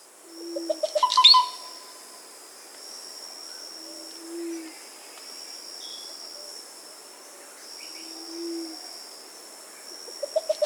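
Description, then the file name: Dusky-green oropendola song: ascending bubbling notes climbing to a loud liquid gurgle at the start, repeated at the end; a constant insect hum and low soft bird notes between. Andean bird of South America. "Dusky-Green Oropendola (Psarocolius Atrovirens)"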